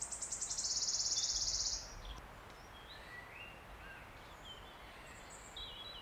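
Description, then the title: Wood warbler singing: quick accelerating high notes merging into a dry silvery trill, then quiet with scattered whistles and chirps from other birds. Single male singing from the oak canopy in an ancient oak wood on a steep-sided wooded valley in South Wales, in May, just after rain stopped. "Sound Escape 16: listen to the cascade of wood warbler song in an ancient oak wood"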